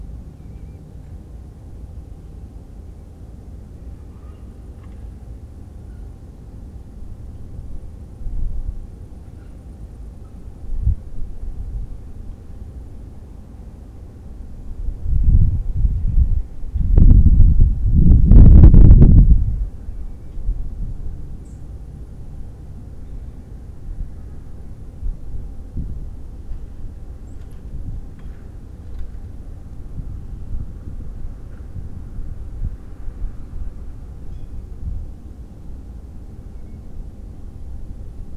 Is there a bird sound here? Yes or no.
yes